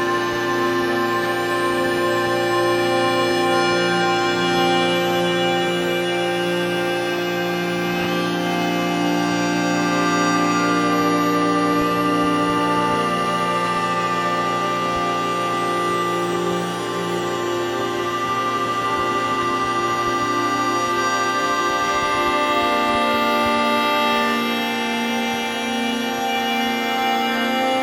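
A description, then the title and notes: Electromagnetic signals picked up on a moving bus form a dense, steady drone of many stacked hums and whines, holding at an even level throughout. High, thin chirps warble and sweep above it, while a low rumble and faint crackle sit underneath. The EM signals used to create this piece were captured whilst in transit on a Number 21 Bus traveling southbound Between Moorgate and Old Kent Road. The sound was recorded via the use of 2 Electro-Magnetic coil pick-ups.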